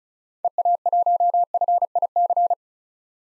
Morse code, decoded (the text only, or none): EA1FIC